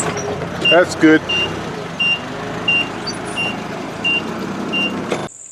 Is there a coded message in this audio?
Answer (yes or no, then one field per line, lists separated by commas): no